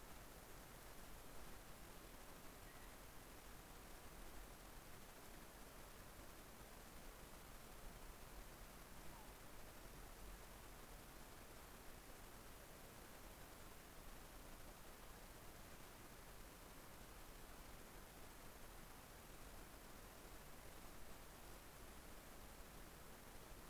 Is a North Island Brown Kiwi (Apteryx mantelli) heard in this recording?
no